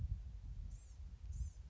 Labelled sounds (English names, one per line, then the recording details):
Blue-gray Gnatcatcher
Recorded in Sonoma County, California